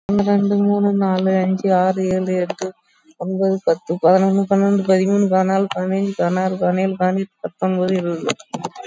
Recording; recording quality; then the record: counting at a fast pace; excellent, no background noise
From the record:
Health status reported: COVID-19 positive, mild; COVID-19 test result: positive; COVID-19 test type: RT-PCR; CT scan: not taken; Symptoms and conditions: cough, fatigue, loss of smell and taste, hypertension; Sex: female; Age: 48 years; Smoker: no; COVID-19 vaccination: none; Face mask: worn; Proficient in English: yes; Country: India